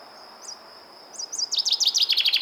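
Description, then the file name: Common chaffinch song starting after a few soft high chirps: a fast run of bright, repeated descending notes that is cut off mid-phrase, with a thin whine behind. "Fringilla coelebs"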